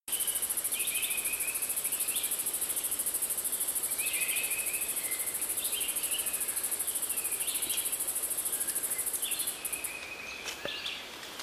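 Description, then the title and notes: Green-winged cicada gives a continuous, very high, shrill buzz that holds steady for most before breaking off. "Cicada. Diceroprocta vitripennis"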